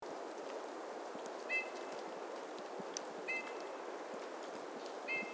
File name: Pyrrhula pyrrhula